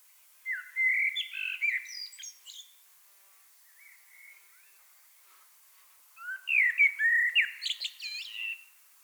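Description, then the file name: Common blackbird song in two phrases: a rich warble with high squeaks, a quiet interval with a faint note, then another warbled phrase ending in thin twitters. "Turdus merula"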